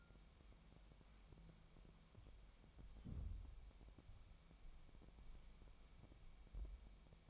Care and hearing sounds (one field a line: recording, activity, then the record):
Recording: daily activity, microphone in the room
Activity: wipe stove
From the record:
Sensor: 1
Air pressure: 1003.3 hPa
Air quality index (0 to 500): 200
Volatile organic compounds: 6 ppm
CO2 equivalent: 1920 ppm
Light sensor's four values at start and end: 9/22/9/11 and 9/22/9/11